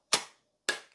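The plastic battery cover on a KIS-8611Q Wi-Fi hotspot handheld wireless card payment terminal is pressed closed over the battery. Two sharp, bright snaps sound at 0.1 s and 0.7 s, each fading within about a quarter second. The cover clicks shut and is seated.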